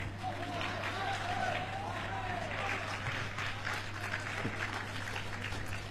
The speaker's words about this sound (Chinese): 首先感谢大家热情的掌声， 哎，谢谢大家， 谢谢， 太热情了， 哎，从掌声里看得出来我们天津的父老乡亲们是太热情了，